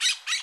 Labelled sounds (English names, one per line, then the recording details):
Brown-throated Parakeet contact call
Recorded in Bonaire
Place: just S of turnoff to Cai, near Lac Bay
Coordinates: 12.126, -68.239